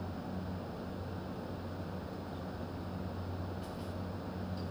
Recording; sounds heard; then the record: poultry house recording; no chicken sound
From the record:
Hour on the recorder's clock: 21